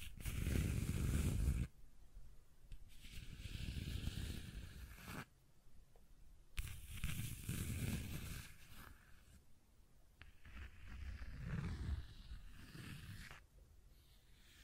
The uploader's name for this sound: Scratching and Tracing Sounds